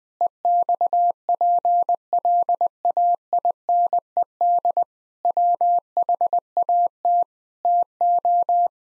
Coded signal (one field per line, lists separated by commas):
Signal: Morse code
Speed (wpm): 20 wpm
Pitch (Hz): 700 Hz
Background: none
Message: EXPLAINED WHAT TO